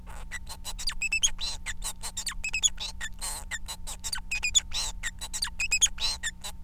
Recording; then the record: song of a male Bengalese finch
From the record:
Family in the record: son of father 4